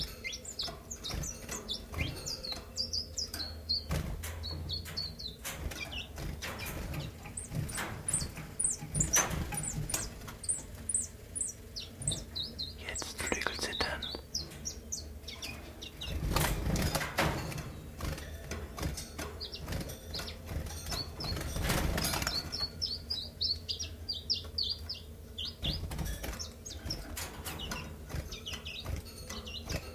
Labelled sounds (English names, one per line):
Common Chiffchaff